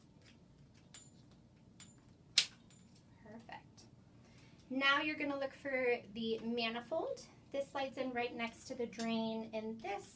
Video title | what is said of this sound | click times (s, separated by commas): Lumbar Drain Setup | and then clicks into place and once you hear the click it is locked perfect | 2.4 s